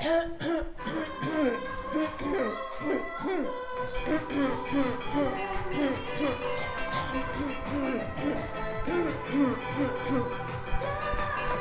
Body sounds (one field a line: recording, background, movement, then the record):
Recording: throat clearing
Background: music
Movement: walking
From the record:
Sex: female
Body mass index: 21.8 kg/m2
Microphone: on the chest, facing outward